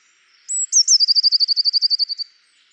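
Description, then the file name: Eurasian blue tit song, a high whistled note and then a rapid trill of repeated notes, ending abruptly. "Cyanistes caeruleus"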